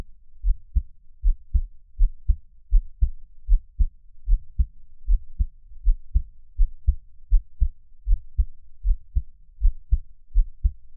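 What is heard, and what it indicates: Steady, low, paired thumps, a first and second heart sound in each beat, at about 77 beats a minute with a regular rhythm. A quiet, close recording of an adult's own heartbeat, with no talking and only a faint room hum.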